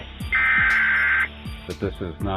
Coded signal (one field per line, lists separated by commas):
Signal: Emergency Alert System (SAME) tones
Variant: header bursts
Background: speech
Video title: The Rarest and Creepiest EAS Alerts (Featuring Real Events)